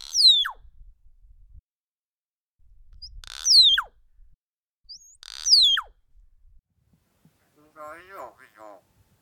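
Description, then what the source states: Bird giving three shrill, sharply falling calls, followed by a lower, wavering, warbled phrase. Calls described as the bird saying "I love you".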